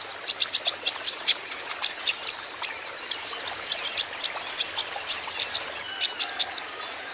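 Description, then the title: Sunbird song: steady series of high, sharp chirps and short trills, delivered briskly in small clusters. Green-plumaged (ijoan) konin singing steadily and constantly (gacor), used as a lure and therapy for untrained konin, which are sure to answer. "KOLIBRI NINJA KONIN IJOAN GACOR COCOK UNTUK PANCINGAN TERAPI KONIN BAHAN PASTI NYAUT"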